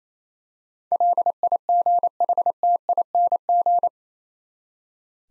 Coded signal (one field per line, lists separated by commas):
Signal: Morse code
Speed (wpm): 28 wpm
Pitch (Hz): 700 Hz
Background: none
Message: LIGHTING